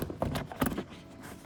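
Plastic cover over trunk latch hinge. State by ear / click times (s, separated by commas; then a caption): seated / 0.6 s, 0.7 s. A plastic trim cover is placed over the hinge on a new trunk latch for a KIA Optima/Hyundai Sonata and pressed down, with a soft knock at 0.2 s. It snaps into place with two sharp clicks at 0.6 s and 0.7 s and is fully seated.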